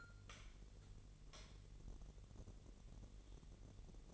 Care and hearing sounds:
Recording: daily activity, microphone in the room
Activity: light on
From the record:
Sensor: 4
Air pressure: 1012.7 hPa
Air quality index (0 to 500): 249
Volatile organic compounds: 4 ppm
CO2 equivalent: 1681 ppm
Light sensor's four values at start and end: 14/32/13/13 and 16/41/16/17

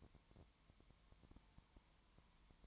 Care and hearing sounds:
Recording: daily activity, microphone in the room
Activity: no activity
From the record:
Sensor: 3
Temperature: 20.1 degrees Celsius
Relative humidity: 31.4%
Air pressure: 1001.3 hPa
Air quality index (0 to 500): 74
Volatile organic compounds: 1 ppm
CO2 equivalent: 698 ppm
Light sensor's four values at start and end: 2/3/2/2 and 2/3/2/2

